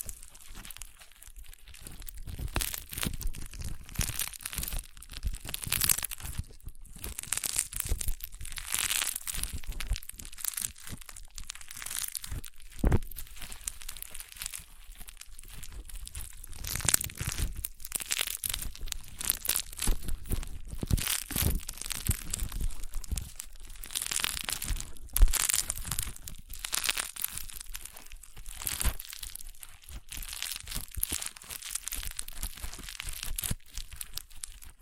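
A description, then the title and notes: Crunchy slime is squeezed and pressed, giving dense, continuous crackling and popping with brief sharper crunches throughout. ASMR Satisfying Crunchy Slime (No Talking).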